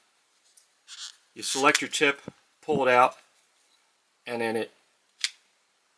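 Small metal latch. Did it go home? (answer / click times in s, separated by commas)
yes / 5.2 s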